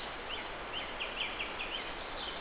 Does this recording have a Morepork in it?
no